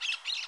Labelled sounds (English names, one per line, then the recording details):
Brown-throated Parakeet contact call
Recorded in Curacao
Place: along powerline, near entrance of Santa Barbara resort
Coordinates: 12.068, -68.844